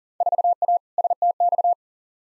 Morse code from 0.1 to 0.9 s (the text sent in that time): 4A